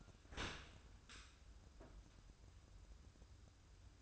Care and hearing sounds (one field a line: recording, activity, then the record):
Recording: daily activity, microphone in the room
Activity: open dishwasher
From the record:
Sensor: 2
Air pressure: 994.3 hPa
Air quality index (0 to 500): 213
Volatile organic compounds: 1000 ppm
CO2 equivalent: 7070 ppm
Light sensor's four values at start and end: 148/356/151/158 and 148/356/151/158